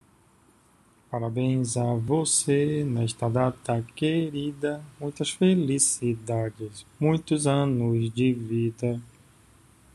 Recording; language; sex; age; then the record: short text; Brazilian Portuguese; male; 50 to 59 years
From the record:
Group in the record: control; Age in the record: 53 years